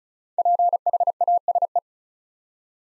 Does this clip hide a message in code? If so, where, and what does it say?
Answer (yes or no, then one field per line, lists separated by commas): yes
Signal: Morse code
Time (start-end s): 0.4-1.8 s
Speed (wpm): 36 wpm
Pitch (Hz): 700 Hz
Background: none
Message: PHASE